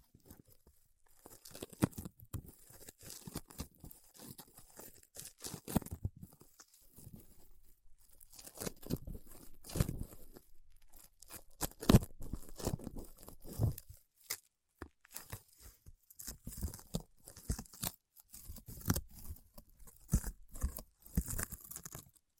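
Paraffin wax being peeled, tapped and scratched in dense, irregular crackling bursts with sharp clicks, steady throughout with brief pauses near 15 seconds.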